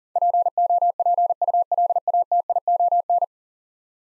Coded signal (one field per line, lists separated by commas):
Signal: Morse code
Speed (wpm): 40 wpm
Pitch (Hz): 700 Hz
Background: none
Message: POPULATION